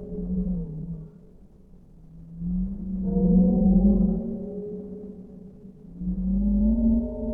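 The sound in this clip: Whale song with low sustained moans and layered overtones, a quieter stretch early on, then two swelling tonal phrases.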